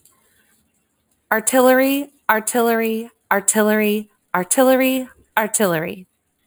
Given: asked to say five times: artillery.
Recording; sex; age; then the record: repeated word; female; 30 to 39 years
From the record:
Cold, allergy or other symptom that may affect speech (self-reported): no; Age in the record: 35 years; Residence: California, United States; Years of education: 14